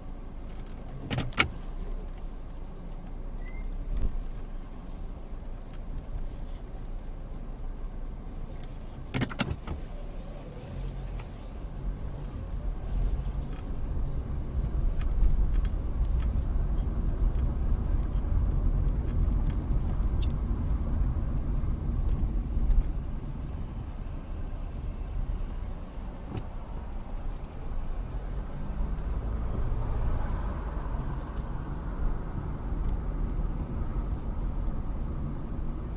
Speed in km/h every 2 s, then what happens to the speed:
0, 0, 0, 0, 0, 2, 13, 18, 21, 23, 19, 10, 5, 6, 13, 19, 21, 18.
0-10 standing. 10-16 pulls away to 21. 20-24 brakes to 5. 24-31 speeds up to 21.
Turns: 23-29.